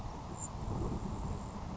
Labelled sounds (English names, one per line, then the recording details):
Grasshopper Sparrow
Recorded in Sonoma County, California